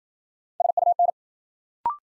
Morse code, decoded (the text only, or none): SUN